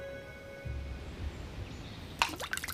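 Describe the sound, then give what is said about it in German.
A stone thrown by a person drops into water with one sharp splash near the end, followed by a brief burst of spattering droplets, over a low steady background rumble. “Schaust zu, wie einer Stein ins Wasser wirft.”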